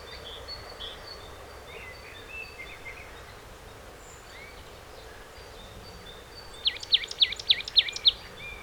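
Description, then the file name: Marsh tit call: after several seconds of faint chirps, a clear burst of about six rapid, falling notes near the end, with steady background noise. "Poecile palustris"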